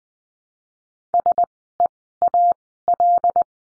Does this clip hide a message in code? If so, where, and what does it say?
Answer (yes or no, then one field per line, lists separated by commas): yes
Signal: Morse code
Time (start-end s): 1.1-3.4 s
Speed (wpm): 20 wpm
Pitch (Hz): 700 Hz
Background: none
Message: SEAL